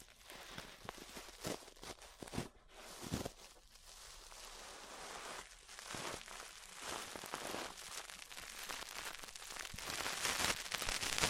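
Ear brushing: bristles sweep in dense, crackling strokes, each a quick crisp scratch like patter on a surface. The texture is bright and busy, with a brief lull near the start, then grows steadily louder and fuller, harshest in the last couple of seconds.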